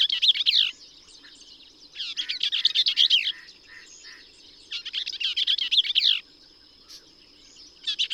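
Bell's vireo delivering fast, slurred, scratchy warbles in phrases about one to one and a half seconds long, spaced by short gaps, with a thin steady background whine.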